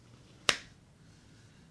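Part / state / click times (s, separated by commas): knife into leather sheath / seated / 0.5 s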